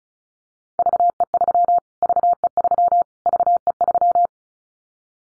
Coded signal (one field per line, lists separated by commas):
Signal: Morse code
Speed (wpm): 36 wpm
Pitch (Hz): 700 Hz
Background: none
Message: VE3 VE3 VE3